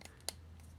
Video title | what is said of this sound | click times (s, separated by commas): Polar Lights 1/350 Enterprise build Episode 01 | and this just slides in here snaps into place | 0.3 s